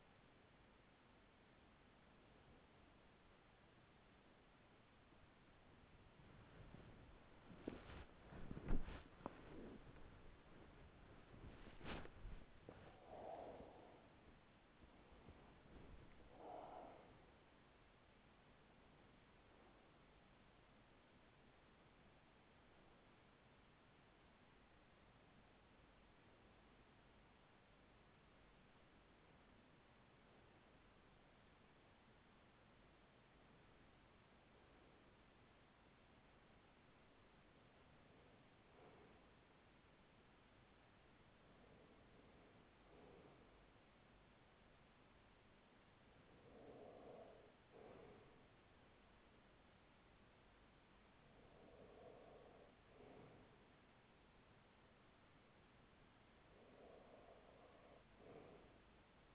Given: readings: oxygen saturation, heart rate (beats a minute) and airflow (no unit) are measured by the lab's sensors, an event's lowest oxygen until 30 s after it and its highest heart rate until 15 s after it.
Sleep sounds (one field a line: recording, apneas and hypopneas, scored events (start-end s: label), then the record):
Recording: breathing in sleep by a voice recorder at the bedside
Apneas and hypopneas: 1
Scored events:
4.00-30.00 s: awake
20.00-51.40 s: hypopnea (scored as awake, oxygen 97% highest, then 94% lowest, heart rate 72 at the start, 75 highest)
27.00-59.35 s: new sleep stage, N1 (lightest sleep)
From the record:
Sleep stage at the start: awake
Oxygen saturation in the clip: 94 to 97%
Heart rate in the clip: 41 to 75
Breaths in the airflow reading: 13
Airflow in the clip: -7.0 to 9.5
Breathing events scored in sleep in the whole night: 207 in 7.6 hours asleep